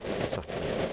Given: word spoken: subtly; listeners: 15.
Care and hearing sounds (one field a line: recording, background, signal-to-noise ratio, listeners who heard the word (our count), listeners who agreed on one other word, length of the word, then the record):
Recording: one English word in noise, from a listening test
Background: noise modulated by three-talker babble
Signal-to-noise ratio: -5.6 dB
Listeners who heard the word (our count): 0 of 15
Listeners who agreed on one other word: 10 of 15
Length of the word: 0.53 s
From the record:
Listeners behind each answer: 10, 2, 1, 1, 1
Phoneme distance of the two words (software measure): 7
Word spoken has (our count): 2 syllables, 5 phonemes, stress on syllable 1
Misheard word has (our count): 2 syllables, 4 phonemes, stress on syllable 1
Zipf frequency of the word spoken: 2.97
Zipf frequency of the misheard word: 3.90